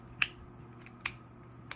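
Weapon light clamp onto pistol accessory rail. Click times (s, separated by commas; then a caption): 0.2 s. A Streamlight TLR-1 HL weapon light with its rail clamp loosened is flipped over and pressed onto a pistol's accessory rail, its cross-bolt lined up with the rail's slot. A sharp snap at 0.2 s marks the clamp locking onto the rail, followed by a faint tick near 0.9 s and two more short hits at 1.1 s and 1.7 s over a low steady hum. The light is seated and locked in place but can still slide a little until it is tightened down.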